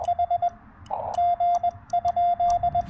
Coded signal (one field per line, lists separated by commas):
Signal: Morse code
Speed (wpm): 20 wpm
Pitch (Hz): 690 Hz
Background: radio noise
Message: H G?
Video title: Knocking out a QRP POTA activation with Jonathan (KM4CFT)!